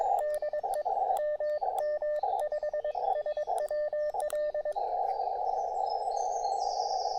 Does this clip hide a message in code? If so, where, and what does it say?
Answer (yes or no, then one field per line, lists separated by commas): yes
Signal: Morse code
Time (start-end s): 0.2-4.7 s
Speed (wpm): 22 wpm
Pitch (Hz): 590 Hz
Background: radio noise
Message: DE MM5SWL